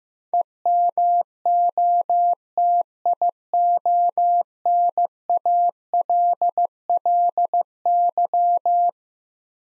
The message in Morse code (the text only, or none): EMOTIONALLY